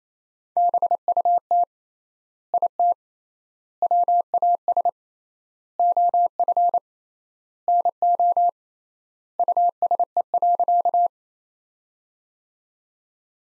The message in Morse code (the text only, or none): BUT IT WAS OF NO USE.